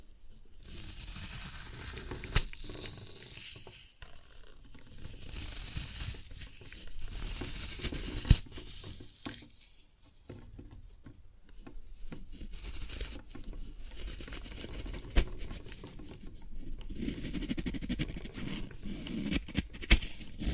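Floral foam crushed in irregular bursts of dry crackling and crumbling, dense at times and thinning out in short pauses, notably around ten seconds. Sharp snaps stand out near 2, 8, 15 and 20 seconds over a low, rough rustle.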